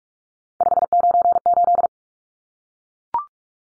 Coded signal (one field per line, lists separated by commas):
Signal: Morse code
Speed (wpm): 44 wpm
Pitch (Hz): 700 Hz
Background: none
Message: 598